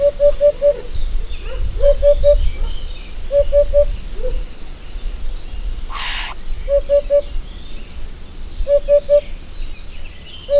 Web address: agykontroll Madardalok Cd 2. Búbosbanka